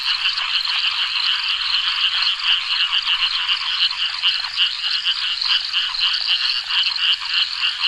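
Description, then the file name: Frogs and toads: frog chorus of quick repeated high pulses, several a second, layered over a constant buzzing insect background. Frogs and toads with many insects at a reservoir at night in subtropical Australia. "animals frogs toads many insects reservoir night subtropical australia"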